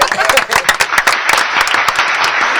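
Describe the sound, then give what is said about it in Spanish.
A burst of studio applause from a group, requested by the host, many hands clapping densely and steadily at a loud, even level with sharp individual claps poking through the wash. “Aplausos, por favor.”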